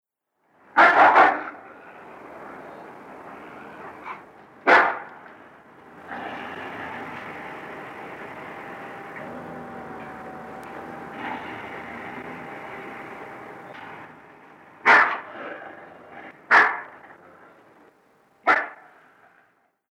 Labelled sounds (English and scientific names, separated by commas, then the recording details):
Gray Wolf (Canis lupus)
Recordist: Frommolt, Karl-Heinz
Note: Europäischer Wolf: Bellen und Knurren bei agressiver Auseinandersetzung